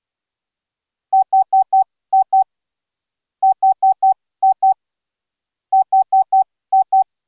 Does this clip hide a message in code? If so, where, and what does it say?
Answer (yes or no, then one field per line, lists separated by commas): no